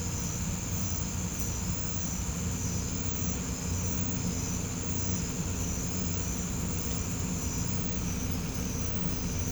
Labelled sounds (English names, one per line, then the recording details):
none
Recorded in pastures near Puerto Asís, Putumayo, Colombia, on 21 December 2024 at 03:00
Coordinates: 0.505, -76.324
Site G063